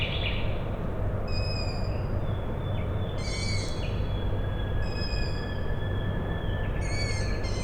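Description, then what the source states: Owl chicks' squeaky calls at intervals over a constant low rumble of industrial noise. Owl chicks calling at night, Tuesday 21 May 2019, Michałkowice Plac Sportowy, Siemianowice Śląskie, Poland; industrial plant in background; recorded with Zoom H5 and Audio-Technica BP4025.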